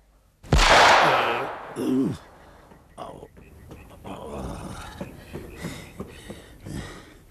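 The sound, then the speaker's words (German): Two loud pistol shots fired in the middle of the night crack out about a second apart, both hitting their target, the first with a long, harsh ringing blast, the second shorter, followed by people talking at a lower level. “Da hat einer geschossen”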